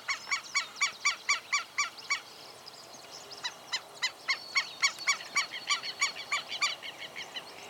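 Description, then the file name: Southern lapwing calling: sharp, strident, high notes repeated rapidly, about four per second, in two bouts with a brief pause between them. Recorded at Saladillo. "Vanellus-chilensis Saladillo"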